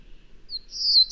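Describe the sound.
Bird song: a single brief, high, thin phrase that swells and rises at the end.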